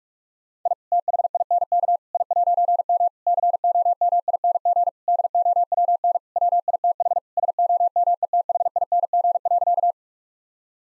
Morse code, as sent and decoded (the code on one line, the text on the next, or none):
.. / - .... .. -. -.- / .. .----. -- / -.-. --- -- .. -. --. / -.. --- .-- -. / .-- .. - .... / ... --- -- . - .... .. -. --. .-.-.-
I THINK I'M COMING DOWN WITH SOMETHING.